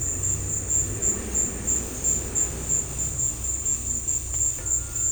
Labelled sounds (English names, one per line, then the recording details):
none
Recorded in dense forest near Puerto Asís, Putumayo, Colombia, on 16 December 2024 at 15:30
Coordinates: 0.467, -76.328
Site GP05